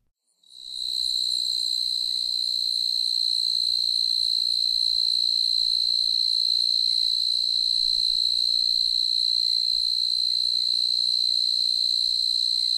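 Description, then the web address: Fast-calling tree cricket starting up after a moment of quiet, then a sustained, even, high-pitched trill to the end. North America. "Songs of Insects. Fast-calling Tree Cricket"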